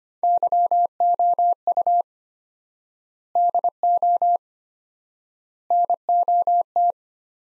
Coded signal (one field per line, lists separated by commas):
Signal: Morse code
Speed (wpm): 25 wpm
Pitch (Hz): 700 Hz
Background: none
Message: YOU DO NOT